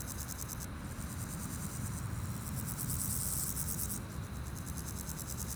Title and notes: Chaussée de Tervueren, Pins Noirs, Auderghem, Bruxelles-Capitale, 1160, Belgique - Sauterelles - Grasshoppers. Sunny day, grasshoppers, bikes, cars, tram 44. Journée ensoleillée, sauterelles, vélos, voitures, tram 44